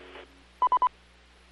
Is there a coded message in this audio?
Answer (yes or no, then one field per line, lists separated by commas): no